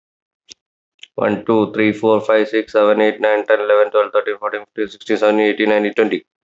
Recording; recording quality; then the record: counting at a fast pace; excellent, no background noise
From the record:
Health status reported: healthy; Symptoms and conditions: none ticked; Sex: male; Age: 32 years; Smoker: not ticked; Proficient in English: yes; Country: India